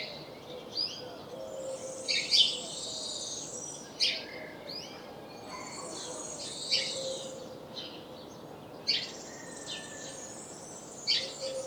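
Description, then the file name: House sparrow chirps, short bright notes scattered irregularly throughout with softer chattering in between. "Passer domesticus"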